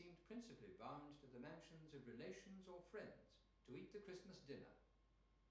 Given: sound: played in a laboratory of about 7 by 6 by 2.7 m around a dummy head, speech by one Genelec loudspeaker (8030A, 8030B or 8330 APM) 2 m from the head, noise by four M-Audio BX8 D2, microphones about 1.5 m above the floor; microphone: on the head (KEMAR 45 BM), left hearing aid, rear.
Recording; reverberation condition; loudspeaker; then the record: male speech in English; medium; in front (0 degrees)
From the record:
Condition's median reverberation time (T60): about 510 ms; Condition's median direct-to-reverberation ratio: about -0.5 dB